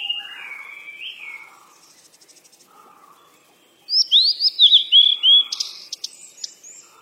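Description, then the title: Bird song starts as a soft, low warble with faint ticking, falls quiet, then breaks into bright, quick notes that slide up and down. Birds chirping. "鸟儿喳喳"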